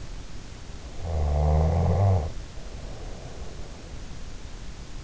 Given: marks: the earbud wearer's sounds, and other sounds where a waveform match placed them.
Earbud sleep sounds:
sounds in sleep by an in-ear microphone; snoring breath
0.82-3.80 s: snoring breath

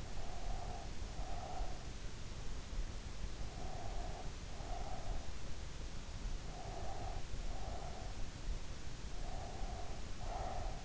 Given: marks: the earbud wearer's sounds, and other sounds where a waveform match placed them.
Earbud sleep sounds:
sounds in sleep by an in-ear microphone; breath
0.00-1.71 s: breath
3.42-5.42 s: breath
6.51-8.23 s: breath
9.08-10.85 s: breath

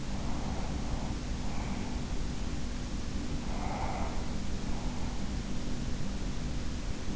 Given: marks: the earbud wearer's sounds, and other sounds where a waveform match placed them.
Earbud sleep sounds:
sounds in sleep by an in-ear microphone; breath
0.00-2.09 s: breath
3.26-5.39 s: breath

